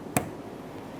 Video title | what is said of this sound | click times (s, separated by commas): How to Replace Fuel Pump Module Assembly 2004-2008 Ford F-150 5.4L V8 | Audible click. | 0.2 s